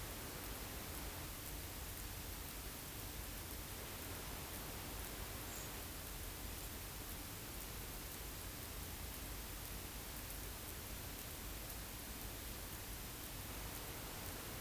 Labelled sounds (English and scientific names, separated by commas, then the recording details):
unidentified sound, Common Blackbird (Turdus merula)
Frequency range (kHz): Common Blackbird (Turdus merula) 6.4-7.8 kHz
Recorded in France